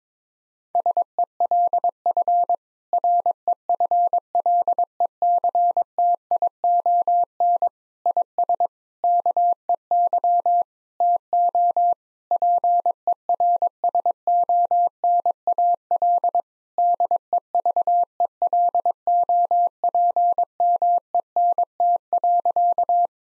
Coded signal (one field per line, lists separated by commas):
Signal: Morse code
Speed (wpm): 22 wpm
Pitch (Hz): 700 Hz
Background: none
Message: SELF REFLECTION IS KEY TO PERSONAL DEVELOPMENT.